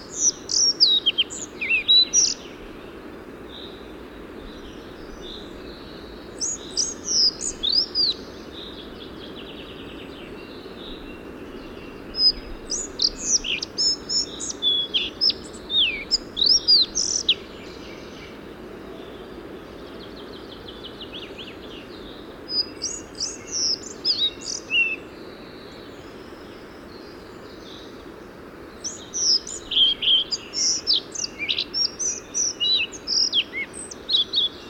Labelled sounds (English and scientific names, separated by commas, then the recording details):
Collared Flycatcher (Ficedula albicollis) song
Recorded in the wild
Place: Sinaia, Transilvania, RO
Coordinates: 45.331, 25.562
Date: 1976-05-27
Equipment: Nagra III BH, Sennheiser MD 21, parabola
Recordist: Schubert, Michael